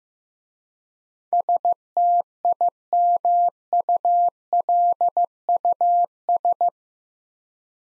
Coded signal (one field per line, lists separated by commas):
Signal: Morse code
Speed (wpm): 15 wpm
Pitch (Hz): 700 Hz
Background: none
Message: STIMULUS